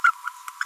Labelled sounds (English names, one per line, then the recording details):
Green-rumped Parrotlet babbling
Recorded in a nest box in Venezuela
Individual 18B25A5